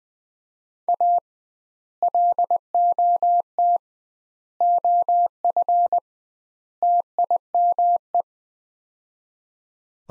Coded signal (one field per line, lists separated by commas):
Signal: Morse code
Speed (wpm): 20 wpm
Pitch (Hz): 700 Hz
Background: none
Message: A LOT OF TIME